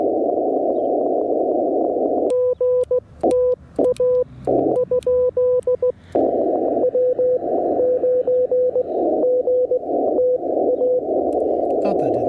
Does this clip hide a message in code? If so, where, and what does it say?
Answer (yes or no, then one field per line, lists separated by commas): yes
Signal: Morse code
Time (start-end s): 2.3-11.0 s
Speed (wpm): 17 wpm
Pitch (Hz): 500 Hz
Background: radio noise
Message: G T A ? W 9 G TA